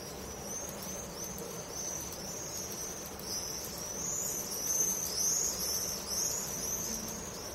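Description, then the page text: Swifts give piercing high screams in quick sweeping arcs, the calls crowding together and growing louder after the middle. "Стрижи - Пение стрижей"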